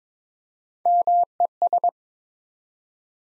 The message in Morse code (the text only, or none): MES